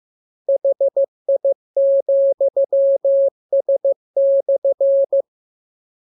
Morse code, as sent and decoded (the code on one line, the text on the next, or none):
.... .. --..-- ... -..-.
HI,S/